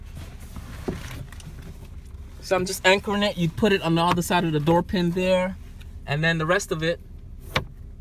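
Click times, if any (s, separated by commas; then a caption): 7.6 s. A rear door privacy sunshade on a BMW E90 is hooked behind the door pin and then pressed so the rest of the shade snaps into the car door window frame against the window glass. Someone talks through most of the clip, followed by a single sharp snap at 7.6 s. The sunshade is seated.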